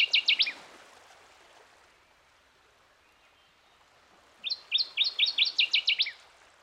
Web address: Dan Gibson's Solitudes Nature Trails. Northern Waterthrush